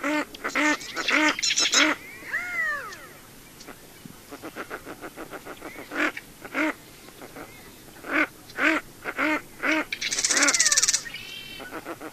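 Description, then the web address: Redhead duck calls, nasal cat-like notes given in short clusters with gaps, plus one longer drawn-out wavering call, over low background noise. Recorded in North America. "Songs of Birds of North America Stokes. Redhead"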